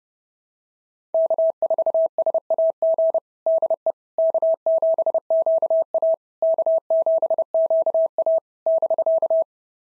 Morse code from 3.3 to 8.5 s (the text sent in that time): DE K7QA K7QA